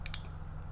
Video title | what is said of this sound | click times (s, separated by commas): Folding Shears Showdown: SOG vs Leatherman | fold that of the side there and it locks into place | 0.1 s